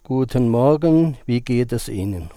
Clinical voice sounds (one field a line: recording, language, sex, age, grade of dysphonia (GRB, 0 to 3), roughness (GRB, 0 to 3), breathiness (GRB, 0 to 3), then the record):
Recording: spoken sentence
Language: German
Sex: male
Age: 60 to 69 years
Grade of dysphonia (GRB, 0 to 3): 2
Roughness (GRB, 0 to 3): 2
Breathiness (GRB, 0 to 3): 0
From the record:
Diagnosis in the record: contact pachydermia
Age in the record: 65 years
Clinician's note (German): Beidseitig, verlängerte Schlußphase